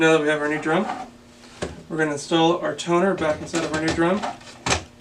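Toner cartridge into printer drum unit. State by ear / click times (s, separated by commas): not seated / none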